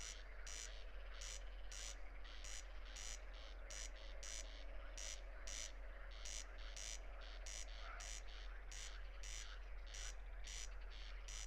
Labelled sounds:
Corn Crake song

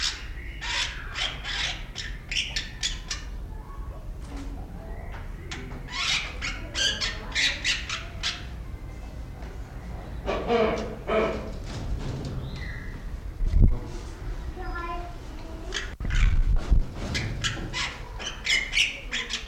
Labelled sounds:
Wreathed Hornbill

